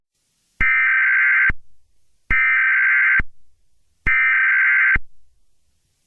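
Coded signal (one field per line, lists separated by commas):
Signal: Emergency Alert System (SAME) tones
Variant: header bursts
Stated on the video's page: Fictional EAS scenario, remastered.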